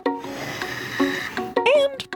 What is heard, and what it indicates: A ventilator is a machine that helps people breathe. Some people use ventilators when they're sick, but other people use ventilators every day, like to help them breathe while they sleep. A ventilator helps push air in and. Pull air back out.